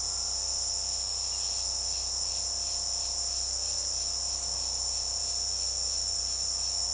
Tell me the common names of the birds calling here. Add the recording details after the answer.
none. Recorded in secondary vegetation near Puerto Asís, Putumayo, Colombia, on 21 February 2024 at 17:00. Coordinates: 0.489, -76.322. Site G6419